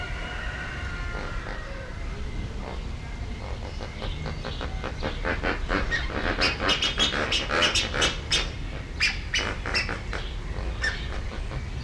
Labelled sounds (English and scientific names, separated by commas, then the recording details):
Lesser Flamingo (Phoeniconaias minor)
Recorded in captivity
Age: adult
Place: Zoo Berlin, Berlin, DE
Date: 1994-06-25 11:19
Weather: sonnig, 18-25°C, Wind
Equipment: Marantz CP 430, Sennheiser ME 80, Kopie Uher Variocord 263
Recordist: Tembrock, Günter